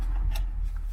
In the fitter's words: just like that and plug them in tight until you hear a click